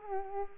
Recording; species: mosquito wingbeat signal from an infrared sensor; Culex pipiens